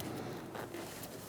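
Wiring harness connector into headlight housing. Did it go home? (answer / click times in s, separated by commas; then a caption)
no / none. A wiring harness connector is handled at the back of the headlight housing on a 2012-2018 Ford Focus, before the headlight is installed. Steady broadband rustling and handling noise is heard, with a brief sharp sound at 0.0 s. Nothing has seated or clicked yet.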